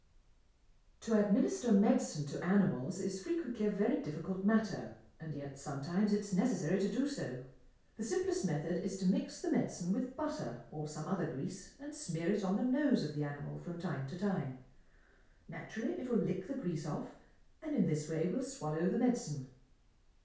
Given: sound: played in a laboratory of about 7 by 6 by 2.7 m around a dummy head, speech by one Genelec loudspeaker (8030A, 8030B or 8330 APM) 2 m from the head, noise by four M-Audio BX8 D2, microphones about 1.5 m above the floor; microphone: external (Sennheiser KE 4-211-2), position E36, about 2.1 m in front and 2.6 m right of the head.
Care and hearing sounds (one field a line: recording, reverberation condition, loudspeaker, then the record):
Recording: female speech in English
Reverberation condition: medium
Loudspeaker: 120 degrees to the right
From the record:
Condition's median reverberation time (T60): about 510 ms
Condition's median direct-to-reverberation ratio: about -0.5 dB